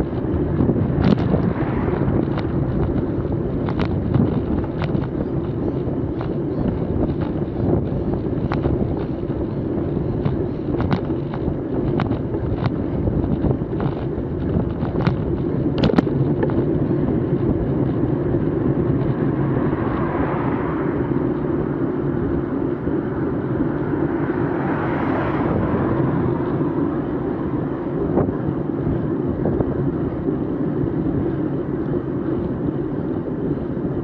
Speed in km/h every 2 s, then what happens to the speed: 27, 27, 27, 27, 27, 27, 27, 27, 26, 24, 23, 22, 22, 22, 21, 20, 20.
0-34 steady at about 26.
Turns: none.